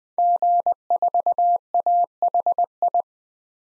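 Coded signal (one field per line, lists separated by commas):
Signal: Morse code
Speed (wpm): 21 wpm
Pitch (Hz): 700 Hz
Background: none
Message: G4AHI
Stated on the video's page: Morse practice at 20 wpm of 5-character DXCC-100 call signs, each sent, spoken, then sent again for head-copy.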